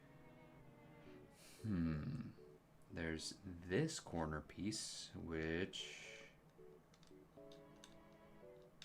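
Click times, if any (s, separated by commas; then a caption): none. Someone talks while trying to fit a plastic corner piece into a 3D puzzle assembly, with steady tonal music underneath and a few faint, brief ticks near the end. The corner piece fails to click in, and nothing has seated or clicked yet.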